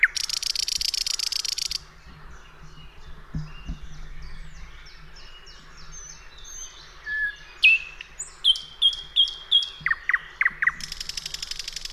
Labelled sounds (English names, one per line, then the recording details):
Thrush Nightingale song
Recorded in the wild
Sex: male
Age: adult
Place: Teerofenbrücke, Nationalpark Unteres Odertal, Brandenburg, DE
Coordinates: 53.1325, 14.3494
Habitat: willow bush
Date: 2001-05-05
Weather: fair, ca. 10°C
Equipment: Sony TCD-D7, Telinga Pro 5
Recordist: Frommolt, Karl-Heinz